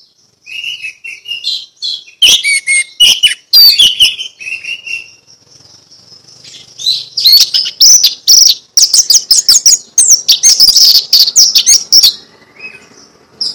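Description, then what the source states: Orange-headed thrush song alternating soft sustained whistles with long runs of rapid, loud, metallic chattering notes. Ngeplong song style.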